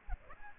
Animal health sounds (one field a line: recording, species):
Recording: mosquito wingbeat signal from an infrared sensor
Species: Aedes aegypti